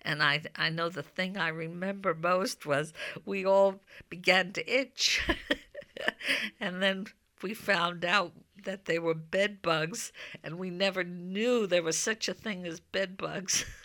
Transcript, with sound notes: And I know the thing I remember most was we all began to itch. ( she laughs ) And then we found out that there were bed bugs, and we never knew there was such a thing as bed bugs.